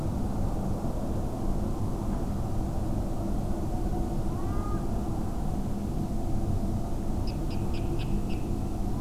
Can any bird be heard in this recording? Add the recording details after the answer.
yes. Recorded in France